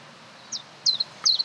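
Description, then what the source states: Common chiffchaff song: a few short, high notes, each dropping in pitch, over faint background hiss. Played at an interactive bird-song station on a nature trail.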